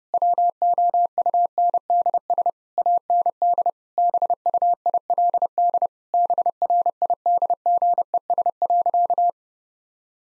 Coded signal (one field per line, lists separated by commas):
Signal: Morse code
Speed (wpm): 30 wpm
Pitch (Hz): 700 Hz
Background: none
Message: WOUNDS AND BUILD BRIDGES.